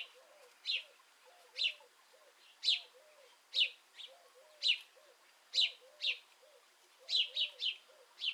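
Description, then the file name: House sparrow giving repeated sharp chirps roughly once a second, some doubled, above a soft, low, burbling warble. "Passer domesticus"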